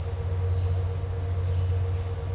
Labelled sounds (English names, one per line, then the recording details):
none
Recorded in dense forest near Puerto Asís, Putumayo, Colombia, on 19 March 2025 at 16:30
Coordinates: 0.468, -76.322
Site GP01